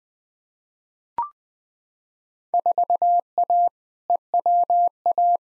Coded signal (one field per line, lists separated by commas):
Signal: Morse code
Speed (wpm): 20 wpm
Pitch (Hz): 700 Hz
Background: none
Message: 4A EWA